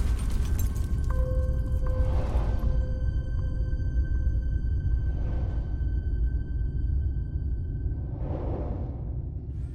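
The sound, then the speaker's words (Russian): An explosion whose blast wave throws boys back and raises clouds of dust and smoke: a heavy rumble roars continuously, with three rushing whooshes of blast wind swelling and fading in turn, while faint steady high tones ring above. No one speaks. “Взрывная волна отбрасывает ребят. Поднимаются тучи пыли и дыма.”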